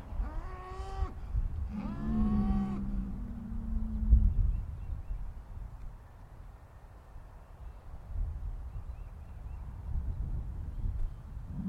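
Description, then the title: Cow giving two moos, a short one followed by a longer, level one. "Harmony in Hooves: Decoding the Rhythms of Cow Conversations"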